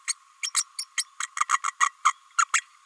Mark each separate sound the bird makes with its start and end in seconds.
0.07-0.13, 0.42-0.50, 0.54-0.64, 0.78-0.85, 0.96-1.04, 1.19-1.27, 1.36-1.45, 1.49-1.60, 1.63-1.72, 1.79-1.91, 2.04-2.12, 2.38-2.45, 2.53-2.63